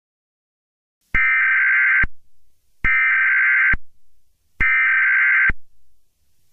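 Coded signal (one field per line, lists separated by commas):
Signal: Emergency Alert System (SAME) tones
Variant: header bursts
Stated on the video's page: Tornado Warning alert relayed on WJLP.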